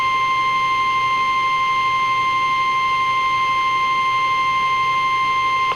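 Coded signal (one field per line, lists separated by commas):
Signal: Emergency Alert System (SAME) tones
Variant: 1050 Hz attention tone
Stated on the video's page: Captured EAS severe thunderstorm watches and warnings, received on Radioshack 12-521, Midland WR-120EZ and WR-400 weather radios.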